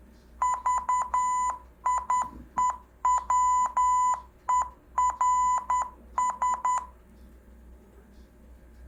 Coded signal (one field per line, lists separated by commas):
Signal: Morse code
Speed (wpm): 10 wpm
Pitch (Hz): 1000 Hz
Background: none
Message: VIEWERS